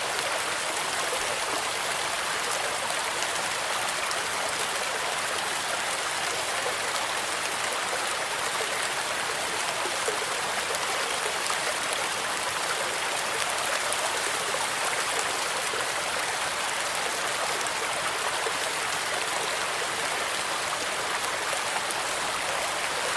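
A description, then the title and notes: A forest stream and rain blend into one steady, dense hiss that holds unchanged for the whole stretch. The sound is bright, full of fine splashing detail with little low rumble beneath. No separate events stand out. Relaxing Rain Noise + Forest Stream.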